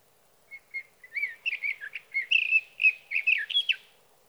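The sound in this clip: Sage thrasher song starting with a few soft notes, then building into a rapid, continuous warble of varied whistled and buzzy phrases.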